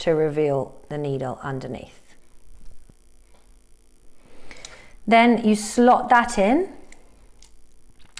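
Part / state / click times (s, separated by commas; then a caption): lancet into lancing device holder / seated / 8.2 s. A plastic lancet is slotted into the holder of a lancing device, guided by a groove down its side, while someone talks. Soft handling taps follow, and the lancet clicks into place at 8.2 s.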